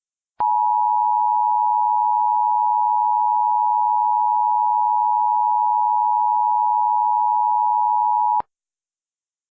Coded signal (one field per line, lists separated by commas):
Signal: Emergency Alert System (SAME) tones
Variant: 853 and 960 Hz attention tone